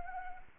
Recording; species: mosquito wingbeat signal from an infrared sensor; Anopheles arabiensis